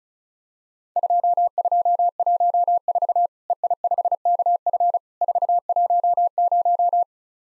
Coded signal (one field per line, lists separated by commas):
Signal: Morse code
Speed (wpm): 36 wpm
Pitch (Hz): 700 Hz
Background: none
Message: 2214 EI5KF 410